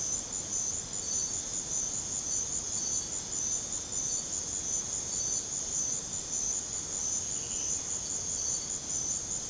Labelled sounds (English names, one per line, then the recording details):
none
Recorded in secondary vegetation near Puerto Asís, Putumayo, Colombia, on 22 December 2024 at 23:00
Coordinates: 0.489, -76.322
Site G059